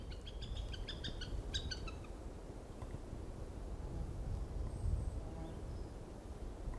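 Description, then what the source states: Cooper's hawk giving a rapid run of harsh, nasal notes for about two seconds, followed by steady low rumbling background noise. Juvenile; recorded July 21, 1995.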